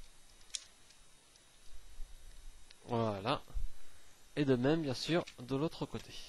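A leg piece is fitted into a small hole on a furniture frame tab and clips onto the tab. It seats with a sharp click at 0.6 s, followed by a fainter click at 2.7 s. Someone then talks.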